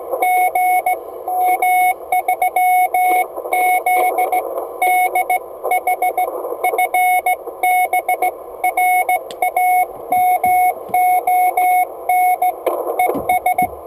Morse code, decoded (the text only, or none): GM3ZDH FB RAMON ES